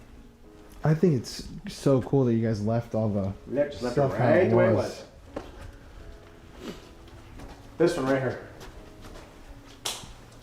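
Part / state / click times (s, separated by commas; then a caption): door latch in a wooden door frame / released / 9.9 s. A large old wooden door in a manor is opened, and its latch in the wooden door frame releases with a sharp click at 9.9 seconds. Before that, people talk over a faint background tone. The latch clicks open.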